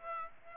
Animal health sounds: mosquito wingbeat signal from an infrared sensor; Aedes aegypti

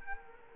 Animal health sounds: mosquito wingbeat signal from an infrared sensor; Culex quinquefasciatus

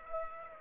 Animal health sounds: mosquito wingbeat signal from an infrared sensor; Aedes aegypti

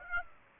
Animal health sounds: mosquito wingbeat signal from an infrared sensor; Aedes aegypti

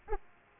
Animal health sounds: mosquito wingbeat signal from an infrared sensor; Aedes aegypti

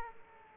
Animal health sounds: mosquito wingbeat signal from an infrared sensor; Aedes aegypti

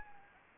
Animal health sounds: mosquito wingbeat signal from an infrared sensor; Anopheles gambiae

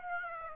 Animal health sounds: mosquito wingbeat signal from an infrared sensor; Aedes aegypti

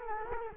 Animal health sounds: mosquito wingbeat signal from an infrared sensor; Culex quinquefasciatus

